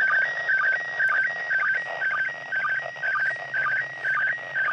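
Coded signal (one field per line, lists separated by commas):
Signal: SSTV (slow-scan television)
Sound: warbling tone stepping between two pitches, with short low chirps about twice a second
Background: radio static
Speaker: Could very well be trees as it went behind some trees for me.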